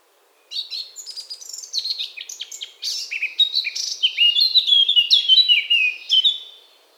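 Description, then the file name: Eurasian blackcap song: a long, busy warble mixing scratchy chatter and clear, descending flute-like notes, growing louder toward the end. "Sylvia atricapilla"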